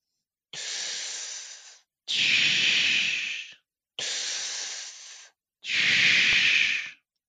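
An imitation of bronchial breath sounds: two slow breath cycles of harsh, hollow hissing, with inspiration and expiration about equally loud and long and a brief pause between them. It is no louder than normal breathing; the sound is conducted from the trachea and large airways. Heard, for example, in classic lobar pneumonia, and normal over the trachea.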